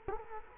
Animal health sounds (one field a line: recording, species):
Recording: mosquito wingbeat signal from an infrared sensor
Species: Culex quinquefasciatus